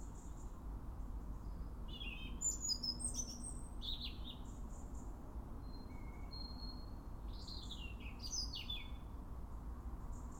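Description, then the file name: European robin song of sweet, high trills and slurred notes, including a few pure whistles in the middle, set against a continuous low rumble. "Erithacus rubecula"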